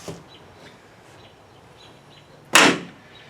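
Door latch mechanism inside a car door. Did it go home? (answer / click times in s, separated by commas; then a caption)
yes / 2.5 s. The door latch mechanism inside a 2nd-generation Camaro door, with the window out, is worked by hand from inside the door. After a quiet stretch with a few faint knocks, the latch gives one loud, sharp pop at 2.5 seconds as it snaps over. It is unclear whether the latch is latching or unlatching.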